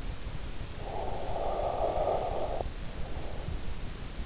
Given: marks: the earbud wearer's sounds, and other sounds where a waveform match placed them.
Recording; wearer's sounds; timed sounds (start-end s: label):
sounds in sleep by an in-ear microphone; breath
0.55-3.88 s: breath